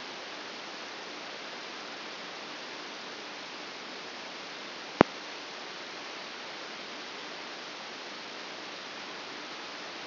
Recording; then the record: brain microelectrode recording played as sound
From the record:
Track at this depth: inside the subthalamic nucleus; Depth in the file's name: 5.263 mm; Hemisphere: left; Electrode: 2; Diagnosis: Parkinson's disease